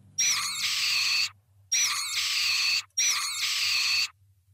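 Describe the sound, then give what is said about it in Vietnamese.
Three long, harsh wailing screams from a winged creature as it flies up into the sky, each about a second, separated by short pauses, high-pitched and piercing with a rough, anguished quality over a faint low hum. “Vọng lại chỉ còn ba tiếng gào thê thảm đầy ai oán.”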